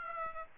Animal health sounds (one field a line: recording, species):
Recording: mosquito wingbeat signal from an infrared sensor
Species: Aedes aegypti